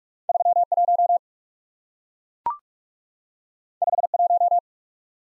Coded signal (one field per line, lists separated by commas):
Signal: Morse code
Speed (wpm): 44 wpm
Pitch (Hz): 700 Hz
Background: none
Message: 3 1 5 1